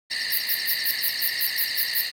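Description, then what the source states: Cricket calling with a steady, shrill, continuous trill of high ringing tones overlaid by a fast, regular pulsing beat. Crickets recorded at night.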